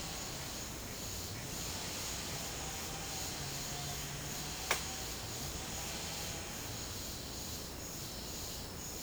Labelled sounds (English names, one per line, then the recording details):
none
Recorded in secondary vegetation near Puerto Asís, Putumayo, Colombia, on 18 December 2024 at 10:00
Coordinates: 0.489, -76.322
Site G059